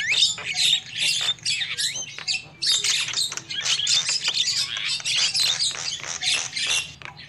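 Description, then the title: Lovebird calls: continuous high, shrill chatter of squeaky chirps and squawks, rapid and overlapping, over a steady low hum. Lure call used for trapping lovebirds. "PIKAT BURUNG LOVEBIRD"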